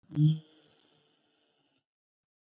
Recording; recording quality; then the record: sustained vowel as in beet; excellent, no background noise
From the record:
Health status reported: COVID-19 positive, mild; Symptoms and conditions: cough, fever, fatigue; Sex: male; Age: 62 years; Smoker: not ticked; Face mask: not worn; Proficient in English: yes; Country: India